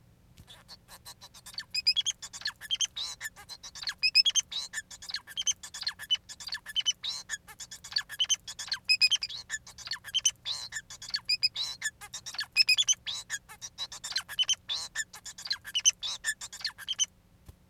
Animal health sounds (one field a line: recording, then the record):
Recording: song of a male Bengalese finch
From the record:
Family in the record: son of father 4